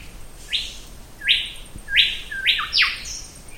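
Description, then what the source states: Mangrove Golden Whistler call: several sharp whistled notes, spaced at first and then coming closer together at the end. Recorded by Todd Mark on Little Pigeon Island, part of an archipelago off the coast of Western Australia; call described as whit-whit-whitchell.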